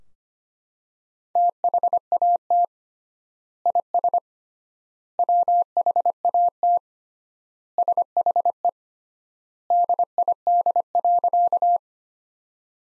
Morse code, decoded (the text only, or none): THAT IS WHAT SHE DID.